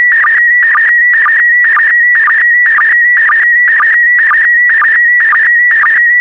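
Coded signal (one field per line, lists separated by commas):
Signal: SSTV (slow-scan television)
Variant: PD120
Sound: warbling tone with steady rhythmic chirp about twice a second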